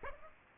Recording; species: mosquito wingbeat signal from an infrared sensor; Aedes aegypti